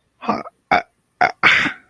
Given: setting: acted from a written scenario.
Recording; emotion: vocal sound without words; confusion